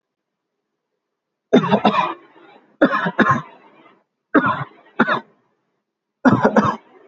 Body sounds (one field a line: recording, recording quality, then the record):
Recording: heavy voluntary cough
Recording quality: excellent, no background noise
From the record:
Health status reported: healthy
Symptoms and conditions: muscle pain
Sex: male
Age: 24 years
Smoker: not ticked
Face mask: worn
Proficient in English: yes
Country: India